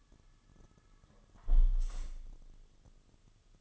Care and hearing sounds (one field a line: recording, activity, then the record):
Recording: daily activity, microphone in the room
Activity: close window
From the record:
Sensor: 4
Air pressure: 1005.6 hPa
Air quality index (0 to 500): 97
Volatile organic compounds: 2 ppm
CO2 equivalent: 1200 ppm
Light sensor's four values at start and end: 13/29/11/11 and 13/29/11/11